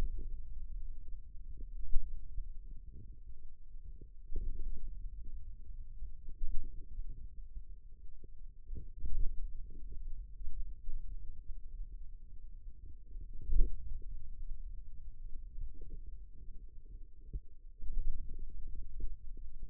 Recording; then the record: forearm muscle sounds (acoustic myography)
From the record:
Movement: pen grasping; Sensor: system 2, bracelet of six BSWA MPA416 microphones around the upper forearm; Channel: 2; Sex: male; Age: 22 years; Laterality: right